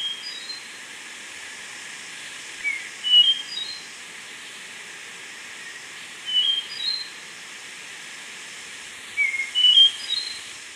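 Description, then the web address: Slaty-backed nightingale-thrush song: short phrases of a few pure, flute-like whistles, separated by pauses of a few seconds, with steady background hiss. Ecuador. "Natures Songs S America Birds of Ecuador Slaty-backed Nightingale-Thrush"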